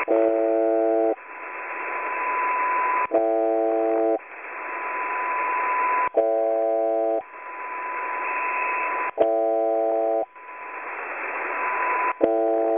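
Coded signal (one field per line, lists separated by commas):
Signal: channel marker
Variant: UVB-76 (The Buzzer)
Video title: Clear Recording of The Buzzer (UVB 76), 21.03.2018, 18:45 UTC, 4626 kHz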